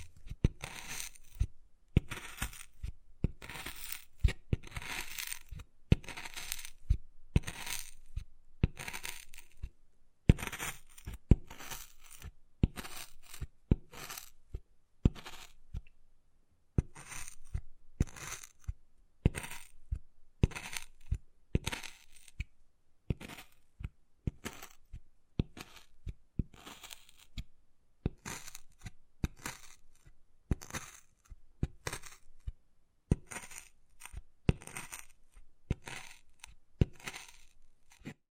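Wood carving sounds: sharp tapping knocks land in irregular bursts through the whole 38 seconds, some spaced about a second apart, others clustered. Between the taps come short, bright scratching and scraping strokes, with brief pauses around 10 and 16 seconds.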